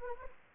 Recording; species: mosquito wingbeat signal from an infrared sensor; Anopheles arabiensis